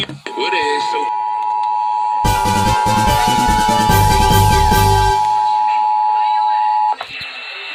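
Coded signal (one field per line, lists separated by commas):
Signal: Emergency Alert System (SAME) tones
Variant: 853 and 960 Hz attention tone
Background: speech, music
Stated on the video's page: Required Monthly Tests received in Lincoln, NE.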